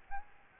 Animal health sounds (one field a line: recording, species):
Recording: mosquito wingbeat signal from an infrared sensor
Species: Aedes albopictus